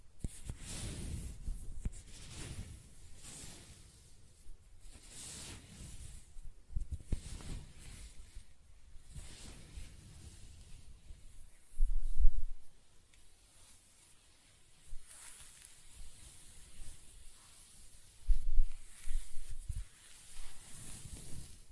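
Hair being scratched, brushed and stroked in soft, uneven rustling strokes, with brief louder thumps of handling near twelve and eighteen seconds.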